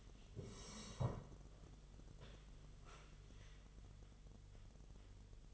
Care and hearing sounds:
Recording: daily activity, microphone in the room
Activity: sit down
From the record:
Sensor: 4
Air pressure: 1006.2 hPa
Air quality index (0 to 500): 98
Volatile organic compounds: 2 ppm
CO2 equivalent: 1220 ppm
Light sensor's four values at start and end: 12/28/11/10 and 12/28/11/10

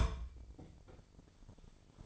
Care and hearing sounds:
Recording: daily activity, microphone in the room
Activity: place on stove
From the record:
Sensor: 5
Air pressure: 995.5 hPa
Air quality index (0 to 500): 101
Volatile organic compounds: 6 ppm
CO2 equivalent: 1927 ppm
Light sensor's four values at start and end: 28/67/27/27 and 27/66/26/26

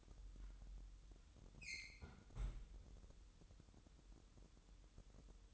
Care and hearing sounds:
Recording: daily activity, microphone in the room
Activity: close fridge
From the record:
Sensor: 3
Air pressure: 988.4 hPa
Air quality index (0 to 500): 191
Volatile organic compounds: 269 ppm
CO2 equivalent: 4408 ppm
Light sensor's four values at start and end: 24/74/31/27 and 24/74/31/27

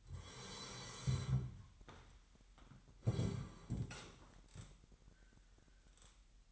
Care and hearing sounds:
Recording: daily activity, microphone in the room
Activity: sit down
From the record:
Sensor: 3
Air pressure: 998.5 hPa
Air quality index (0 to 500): 130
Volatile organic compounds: 4 ppm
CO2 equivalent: 1556 ppm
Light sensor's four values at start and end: 9/21/9/10 and 10/24/10/11

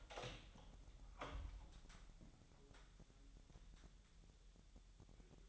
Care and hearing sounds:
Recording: daily activity, microphone in the room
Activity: open door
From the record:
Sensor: 3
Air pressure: 1001.2 hPa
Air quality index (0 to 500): 248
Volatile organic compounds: 173 ppm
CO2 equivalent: 4118 ppm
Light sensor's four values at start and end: 12/28/12/11 and 12/28/12/12

